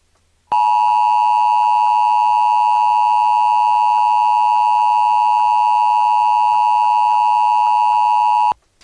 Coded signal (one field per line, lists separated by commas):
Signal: Emergency Alert System (SAME) tones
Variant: 853 and 960 Hz attention tone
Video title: EAS 246 - Special Marine Warning on @WeatherCraftProductions (Weather Craft TV)